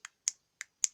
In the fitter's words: you hear it clicking in and out well that releases it but it's airtight connections